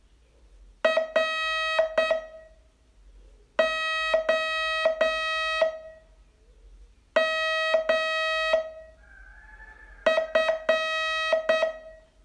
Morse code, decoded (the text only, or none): ROMF